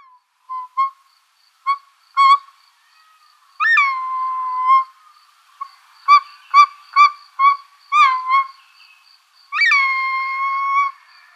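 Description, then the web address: Short-toed snake eagle giving whistled, harmonic-rich calls, with short clipped notes in irregular bursts and two longer drawn-out notes. "Schulze Peter Short-toed Eagle"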